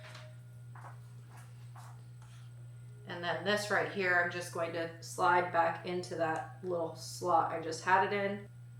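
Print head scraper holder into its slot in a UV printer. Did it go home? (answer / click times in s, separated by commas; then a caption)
no / none. Someone handles the print head scraper holder of a EufyMake UV printer, sliding it back toward its slot, with a couple of faint soft handling sounds before someone talks over a steady low hum. Nothing has seated or clicked yet.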